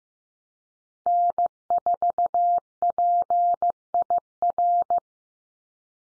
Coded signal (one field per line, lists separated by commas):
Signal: Morse code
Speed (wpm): 14 wpm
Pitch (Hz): 700 Hz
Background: none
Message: N4PIR